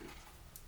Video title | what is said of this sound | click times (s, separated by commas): Virtue Spire 5 vs HK Army TFX 3 Loader - Paintball Hopper Comparison | and get it all set back in there we go you hear that click | 0.6 s